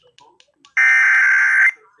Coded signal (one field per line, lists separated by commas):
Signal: Emergency Alert System (SAME) tones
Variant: header bursts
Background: speech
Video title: EAS Required Monthly test on 830 WCCO-AM WCCO-HD (KMNB-HD2) KARE-TV and Xfinity